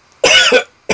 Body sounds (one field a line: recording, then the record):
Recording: coughing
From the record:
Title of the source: Dry Afternoon Cough